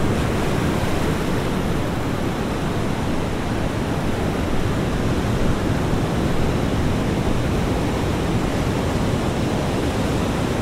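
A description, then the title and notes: Ocean surf roars steadily against the shore, a dense, unbroken wash with no single wave standing out. The sound is heaviest in the low rumble, with a softer hiss above, and the level stays even throughout, perhaps with a little wind mixed in. Midnight Ocean Surf. Soothing sounds of ocean waves gently crashing against the shore. This episode features only the sounds of the ocean with no dialogue or voice.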